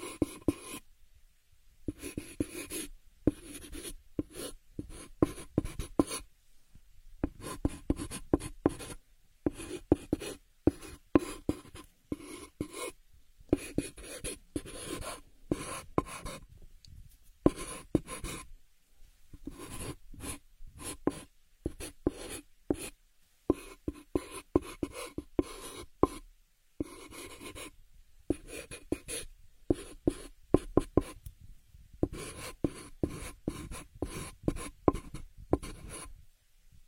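Chalk and pen scratch across a drawing surface in quick, irregular bursts of dry, bright strokes, broken by brief silent pauses throughout.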